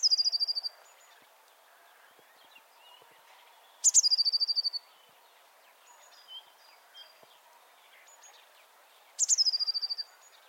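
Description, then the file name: Eurasian blue tit calling: a thin high note dropping into a quick buzzy churring trill, given three times about every four to five seconds, with faint chirps between. "Cyanistes caeruleus"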